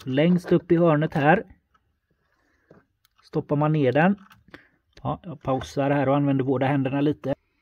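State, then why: Not seated. Someone talks while a crimped terminal pin on a spliced door-harness wire is pushed down into its cavity in the plastic door connector, during power-window wiring on a 1994 Volvo 940. A few faint ticks sound in a quiet pause between the talking. The pin is still being handled when the clip ends, and nothing has seated yet.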